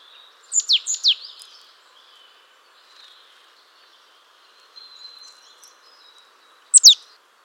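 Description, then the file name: Marsh tit calling: a quick cluster of three or four sharp descending high notes, a few soft notes later, then another sharp downward pair near the end. "Poecile palustris"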